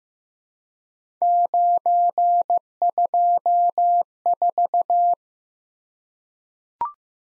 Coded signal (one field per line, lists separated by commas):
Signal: Morse code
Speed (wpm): 15 wpm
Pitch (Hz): 700 Hz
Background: none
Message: 924